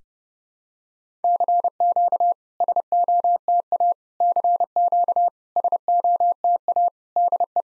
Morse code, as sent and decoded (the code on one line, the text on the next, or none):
-.-. --.- / ... --- - .- / -.-. --.- / ... --- - .- / -.. .
CQ SOTA CQ SOTA DE